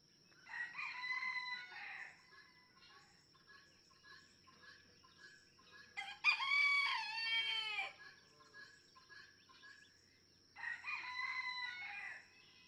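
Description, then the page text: Red junglefowl (chicken): three rooster crows: a softer crow, a loud clear crow in the middle, and another near the end, with a steady high tone in the background. Several roosters in a barnyard, each with a distinct crow; Kentucky, USA, just outside a national park, June 2, 2010; illustrates that each individual has its own song. "Birdsong for the Curious Naturalist. Red junglefowl (chicken). No two roosters crow alike in this Kentucky barnyard. June 2, 2010. Just outside Mammoth Cave National Park, Kentucky"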